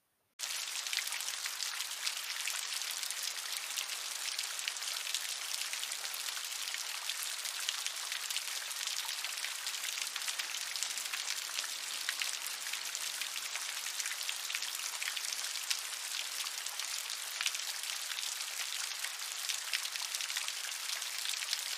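Steady, dense rain patters down from start to finish, a bright hiss of countless drops striking a surface with no real pauses. The sound begins abruptly after a brief silence and holds an even level throughout, with little low rumble underneath.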